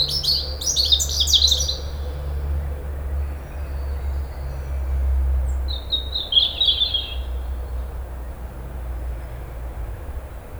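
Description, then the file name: European robin song: two bursts of high, thin, tumbling notes, one at the start and one midway, over a steady low rumble. "Erithacus rubecula"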